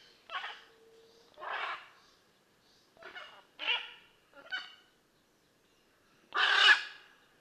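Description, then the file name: Blue-and-yellow macaw giving harsh, honking squawks in an uneven sequence of six, the last one loudest and longest. "Blue and yellow Macaw Ara ararauna"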